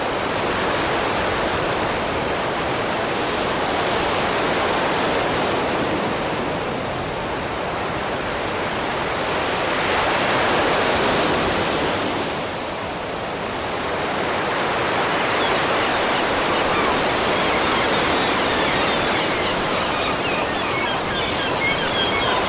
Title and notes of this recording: Sea Breeze, Gulls, and Ocean Waves. The gentle sounds of ocean waves rolling in, mixed with the cool sea breeze and the distant cries of seagulls